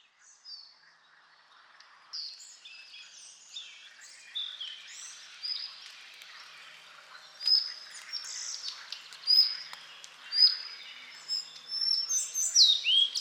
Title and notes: 27 mai 1995, bois de Romersberg - Lorraine. Gobemouche à collier (Ficedula albicollis) qui habite les grandes forêts de Lorraine. Son sifflet perçant évolutif